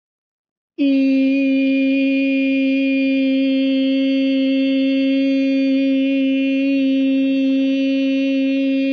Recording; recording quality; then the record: sustained vowel as in beet; excellent, no background noise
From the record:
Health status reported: COVID-19 positive, mild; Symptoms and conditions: none ticked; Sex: male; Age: 24 years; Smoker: not ticked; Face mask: not worn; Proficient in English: yes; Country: India